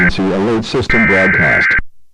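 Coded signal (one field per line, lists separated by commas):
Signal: Emergency Alert System (SAME) tones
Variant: header bursts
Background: speech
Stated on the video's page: Simulated, fictional EAS broadcast for an SCP Foundation scenario; not an actual emergency broadcast.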